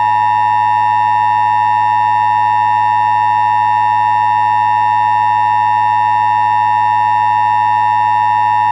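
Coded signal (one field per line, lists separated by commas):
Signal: Emergency Alert System (SAME) tones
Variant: 853 and 960 Hz attention tone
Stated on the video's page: Fictional EAS scenario in analog horror style, not based on a real event.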